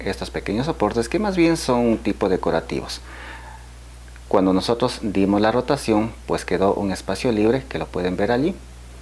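Someone talks while fitting small plastic decorative caps, or guide pieces, onto the plastic arm or propeller hub of a Syma toy drone. The talking pauses briefly around 3 to 4.3 seconds, where a faint, short sound occurs at 4.2 seconds. Nothing has seated or clicked into place yet.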